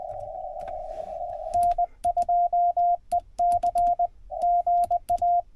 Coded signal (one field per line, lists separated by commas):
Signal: Morse code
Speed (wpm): 22 wpm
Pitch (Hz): 700 Hz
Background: radio noise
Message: N2EC GA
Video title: POTA @ K-8843 PA State Gamelands #145 Feb. 3, 2024